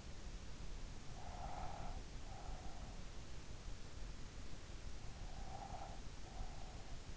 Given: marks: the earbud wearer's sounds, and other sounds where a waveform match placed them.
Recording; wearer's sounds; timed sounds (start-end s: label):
sounds in sleep by an in-ear microphone; breath
1.31-2.97 s: breath
5.42-6.94 s: breath